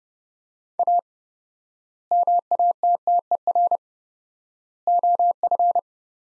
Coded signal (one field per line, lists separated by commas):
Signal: Morse code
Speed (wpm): 28 wpm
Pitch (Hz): 700 Hz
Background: none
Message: A MATTER OF